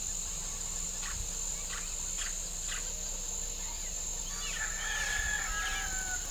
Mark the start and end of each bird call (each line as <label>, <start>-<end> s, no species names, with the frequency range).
bird call (1.0-7.7 kHz), 4.44-6.31 s